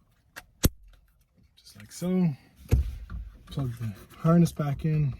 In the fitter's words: going to push it in through the front until it snaps just like